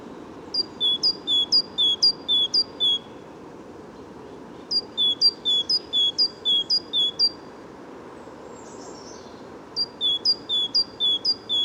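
A spring-like woodland soundscape: a bird sings bright, rapid repeated phrases of sharp chirps in bursts, about three runs across the stretch with short pauses between. A steady low rumble, like traffic, fills the background, and a faint brief call appears near the end.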